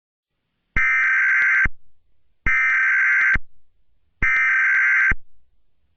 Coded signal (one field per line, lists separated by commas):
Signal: Emergency Alert System (SAME) tones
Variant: header bursts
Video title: EAS Scenario: Mobius City Metal Virus Part 1